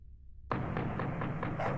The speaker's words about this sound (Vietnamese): Tiếng đập mạnh vào cổng liên tục khiến cho con chó ở trong nhà sủa vang lên.